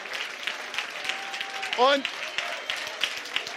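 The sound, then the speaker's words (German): An audience at a church miracle service claps steadily, giving Jesus a round of applause, in a dense wash of overlapping hand claps, with a brief rising vocal whoop or cheer cutting through midway. “Klatscht einfach mal in die Hände und gebt mal Jesus einen Applaus dafür, okay?”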